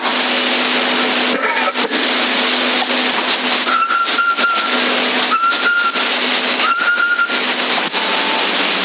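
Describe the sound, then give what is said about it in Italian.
A CB radio carrier in Sassari, October 2023, hisses steadily with a low hum, broken by crackling bursts, while a thin, high whistle rises out of it three times at regular intervals. “Davvero sei tu? Dalla portante, dal fischio?”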